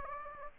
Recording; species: mosquito wingbeat signal from an infrared sensor; Anopheles gambiae